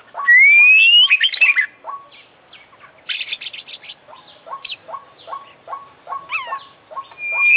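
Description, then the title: Oriental magpie-robin song starting with a long rising whistle and chatter, then short notes repeated steadily with a few sharp chirps. Competition kacer, an international champion bird, in a long-duration recording full of complete isian (learned phrases). "KICAU KACER JUARA INTERNASIONAL FULL ISIAN KOMPLIT"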